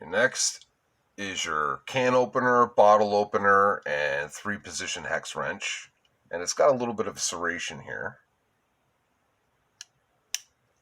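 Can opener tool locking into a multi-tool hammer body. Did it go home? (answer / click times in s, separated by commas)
yes / 9.8 s, 10.3 s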